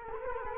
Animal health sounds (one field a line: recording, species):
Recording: mosquito wingbeat signal from an infrared sensor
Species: Culex quinquefasciatus